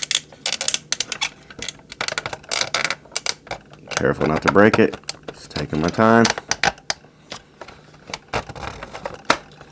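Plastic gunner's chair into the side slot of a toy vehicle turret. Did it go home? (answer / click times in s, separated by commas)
yes / 9.3 s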